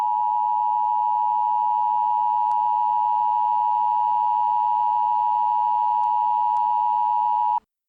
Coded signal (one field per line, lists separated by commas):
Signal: Emergency Alert System (SAME) tones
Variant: 853 and 960 Hz attention tone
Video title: Winter Storm Warning EAS: Denver, CO